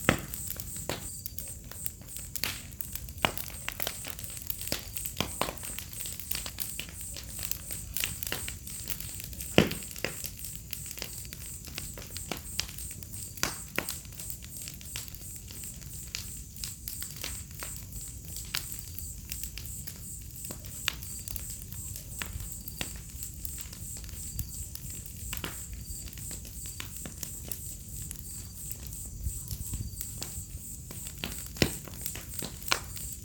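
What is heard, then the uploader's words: A bonfire crackles, throwing sharp pops and snaps at irregular moments throughout, some clustered, some spaced apart. Behind it, crickets keep up a dense, steady, high-pitched chirring that never lets up, over a faint low rumble. Fogueira, grilos e estalar do fogo relaxante e inspirador - Bonfire, crickets, firecrackling relaxing and inspiring. Listen to fire crackling and a symphony of crickets on an autumn night.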